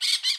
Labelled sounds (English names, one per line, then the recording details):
Brown-throated Parakeet contact call
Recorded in Curacao
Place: Hoffi Jan Thiel
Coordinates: 12.094, -68.877